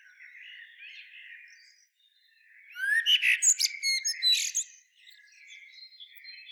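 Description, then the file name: Common blackbird: soft, muffled warbling, then one loud burst of scratchy twittering notes, then quiet rambling notes again. "Turdus merula"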